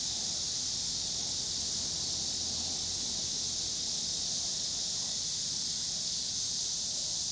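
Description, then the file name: Cicadas droning in a continuous high buzz, with a noticeable low rumble of traffic throughout. Cicadas in Pittsburgh, Pennsylvania, on 26 August 2023, with passing car noise. "2023-08-26 cicadas and cars Pittsburgh PA"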